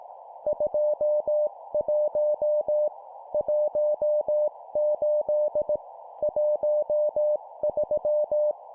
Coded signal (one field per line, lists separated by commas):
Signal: Morse code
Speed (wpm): 18 wpm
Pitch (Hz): 600 Hz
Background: none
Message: 21 18 13